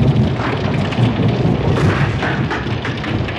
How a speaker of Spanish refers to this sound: ¡El diluvio! Fue cuando de repente llovió tanto que parecía que estuviéramos bajo una catarata.